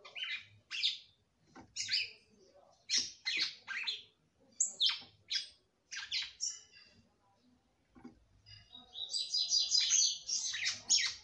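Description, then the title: Red-cowled cardinal song: short bright whistled phrases in quick succession, ending in a longer fast rippling run. "Galo De Campina"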